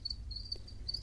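House cricket chirping, a shrill high-pitched trill broken into short bursts, over a low steady rumble.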